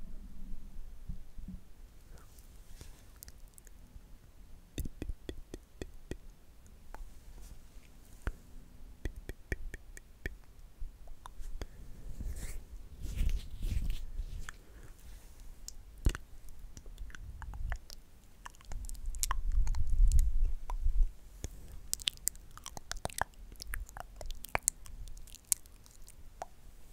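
Intense mouth sounds: a dense run of wet clicks, smacks and chewing-like snaps, scattered irregularly throughout. Low, muffled rumbles swell beneath them, heaviest around 12–14 seconds and again near 19–21 seconds, where the sound grows loudest.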